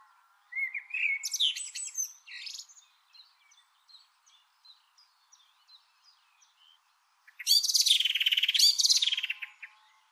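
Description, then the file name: Eurasian blackbird singing: a short mellow fluted warble followed by a high squeaky twitter, a run of soft faint notes, then a second loud, rapid, high-pitched twittering burst. "Turdus merula"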